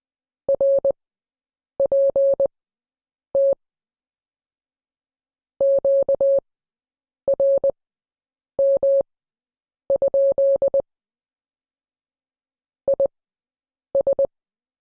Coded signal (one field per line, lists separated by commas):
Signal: Morse code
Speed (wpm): 20 wpm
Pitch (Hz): 550 Hz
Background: none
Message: RPT QRM? IS